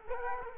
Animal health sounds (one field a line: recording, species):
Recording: mosquito wingbeat signal from an infrared sensor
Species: Culex quinquefasciatus